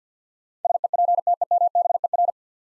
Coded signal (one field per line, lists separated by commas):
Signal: Morse code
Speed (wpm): 50 wpm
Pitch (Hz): 700 Hz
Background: none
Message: SEPTEMBER